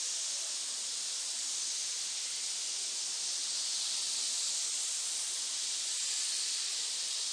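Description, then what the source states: Snakes producing a thick, sustained hiss like escaping air, its loudness barely changing and nothing else audible. Many snakes hissing together in a pit.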